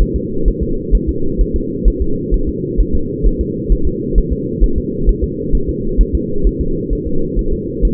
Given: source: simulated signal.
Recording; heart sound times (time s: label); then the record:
fetal heart sounds
0.02 s: S1
0.16 s: S2
0.48 s: S1
0.63 s: S2
0.95 s: S1
1.09 s: S2
1.41 s: S1
1.56 s: S2
1.88 s: S1
2.02 s: S2
2.34 s: S1
2.49 s: S2
2.80 s: S1
2.95 s: S2
3.27 s: S1
3.41 s: S2
3.72 s: S1
3.87 s: S2
4.18 s: S1
4.33 s: S2
4.64 s: S1
4.78 s: S2
5.09 s: S1
5.24 s: S2
5.55 s: S1
5.69 s: S2
6.01 s: S1
6.15 s: S2
6.47 s: S1
6.61 s: S2
6.93 s: S1
7.07 s: S2
7.39 s: S1
7.53 s: S2
7.85 s: S1
From the record:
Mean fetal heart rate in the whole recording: 130 bpm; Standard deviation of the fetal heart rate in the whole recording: 2 bpm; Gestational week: 36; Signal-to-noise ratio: -8.1 dB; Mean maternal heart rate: 72 bpm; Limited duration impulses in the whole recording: absent